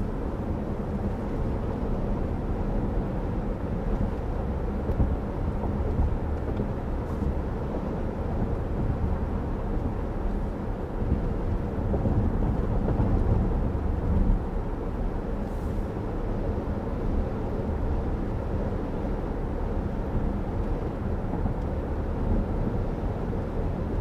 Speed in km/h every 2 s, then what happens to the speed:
85, 90, 90, 92, 92, 92, 92, 92, 92, 92, 90, 90.
0-5 speeds up to 92. 5-24 steady at about 92.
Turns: none.